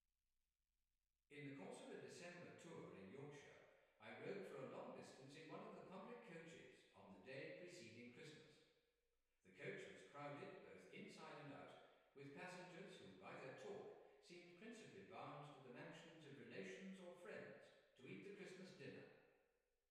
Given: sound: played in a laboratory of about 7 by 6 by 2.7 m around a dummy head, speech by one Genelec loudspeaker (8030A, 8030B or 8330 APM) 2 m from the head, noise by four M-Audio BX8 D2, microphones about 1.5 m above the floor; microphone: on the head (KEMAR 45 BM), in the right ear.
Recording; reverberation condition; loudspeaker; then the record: male speech in English; high; 120 degrees to the left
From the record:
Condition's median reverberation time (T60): about 1300 ms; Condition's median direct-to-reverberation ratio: about -4.0 dB